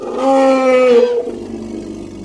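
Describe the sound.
Elephant roaring call, a loud harmonic cry held for about a second with a slight rise and fall, then trailing off into quiet background noise.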